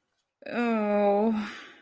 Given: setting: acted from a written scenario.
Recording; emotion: vocal sound without words; embarrassment